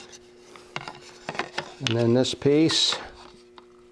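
Someone talks while handling the next wooden weave piece, to be fitted into a miniature wooden Celtic cross. Light wooden taps and rubbing sounds come between about 0.8 and 1.6 s. Nothing has seated or clicked into place yet.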